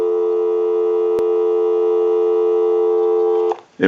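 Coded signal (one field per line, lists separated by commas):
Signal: telephone call progress tone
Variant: North America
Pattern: dial tone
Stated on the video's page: Call progress tone heard on a Mickey Mouse animated telephone during initial checkout and repair.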